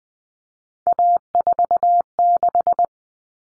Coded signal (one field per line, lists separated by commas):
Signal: Morse code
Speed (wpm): 20 wpm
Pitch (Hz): 700 Hz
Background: none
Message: A46